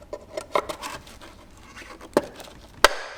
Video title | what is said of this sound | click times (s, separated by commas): Broken Rear Cup Holder? NO PROBLEM! - Ford Explorer MK5 (2011-2019) | So now grab the replacement. Snap that into place. | 2.8 s